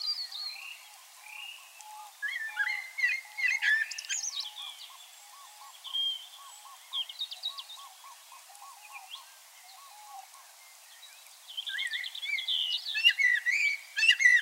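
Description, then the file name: Common blackbird song: warbled fluty phrases and high twitters, with a low pulsing chatter beneath for much. "Turdus merula"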